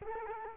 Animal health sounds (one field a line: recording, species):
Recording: mosquito wingbeat signal from an infrared sensor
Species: Culex quinquefasciatus